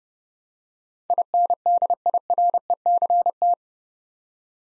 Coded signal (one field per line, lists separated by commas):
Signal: Morse code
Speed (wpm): 30 wpm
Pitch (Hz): 700 Hz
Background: none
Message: INDIRECT